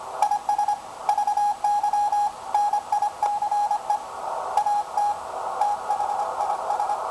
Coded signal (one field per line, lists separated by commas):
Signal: Morse code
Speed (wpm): 23 wpm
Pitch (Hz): 810 Hz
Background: none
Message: IS VY NICE AT THIS